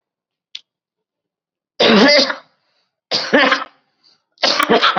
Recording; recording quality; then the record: heavy voluntary cough; excellent, no background noise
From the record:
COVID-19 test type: RT-PCR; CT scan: not taken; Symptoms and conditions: hypertension, diabetes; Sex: male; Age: 65 years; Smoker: yes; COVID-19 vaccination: both doses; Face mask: worn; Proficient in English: yes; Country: India